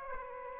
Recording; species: mosquito wingbeat signal from an infrared sensor; Aedes aegypti